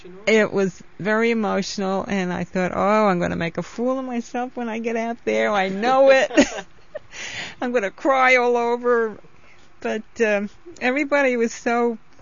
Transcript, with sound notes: It was very emotional and I thought, "Oh, I'm going to make a fool of myself when I get out there, I know it. (they laugh) I'm going to cry all over," but everybody was so